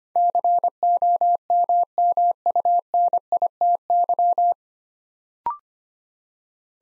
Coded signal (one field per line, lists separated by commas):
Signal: Morse code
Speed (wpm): 25 wpm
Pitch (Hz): 700 Hz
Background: none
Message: COMMUNITY